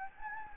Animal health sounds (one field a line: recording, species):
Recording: mosquito wingbeat signal from an infrared sensor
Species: Anopheles gambiae